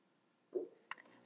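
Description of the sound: A brief, low, gurgling rumble lasting about a fifth of a second, then a faint click: an ordinary growl from an adult's stomach, heard in a room during a conversation.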